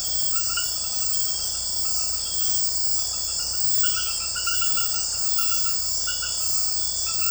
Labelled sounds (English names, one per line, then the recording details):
none
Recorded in dense forest near Puerto Asís, Putumayo, Colombia, on 21 February 2024 at 02:30
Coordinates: 0.487, -76.319
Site G6403